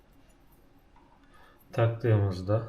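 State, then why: Not seated. A mounting bracket for PC hardware is held up and lined up before fitting, with only faint, quiet handling noise and a small tick near 1.0 s. From about 1.7 s someone talks. The bracket has not been pushed home yet, and nothing has seated or clicked.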